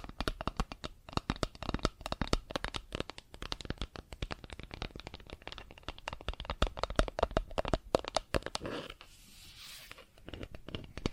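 Plastic objects are tapped and scratched in a dense, irregular stream of sharp clicks and brief crackly scrapes, running almost continuously. Around nine seconds the tapping pauses for a moment of softer hiss and rubbing before quick clicks resume near the end.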